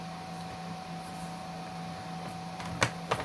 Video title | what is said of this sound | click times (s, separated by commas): How to Easily Change HP Laptop Battery Step By Step : Yeah Pete | push it clicking see that now | 2.8 s, 3.1 s